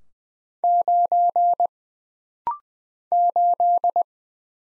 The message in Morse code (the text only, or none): 9 8